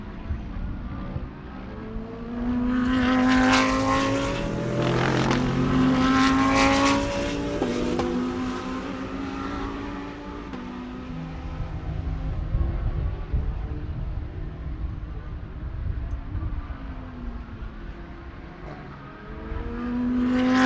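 Racing ambience with engines roaring past, loudest from about 2.5 to 8 seconds, when several cars scream by with rising and falling pitch. A steady low rumble fills the rest, with another engine swelling again near the end.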